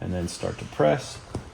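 Someone talks while a rugged, translucent plastic UAG top shell is lined up on the corners of a MacBook Pro lid and pressing onto it begins. Nothing has seated or clicked yet; the shell is not yet home.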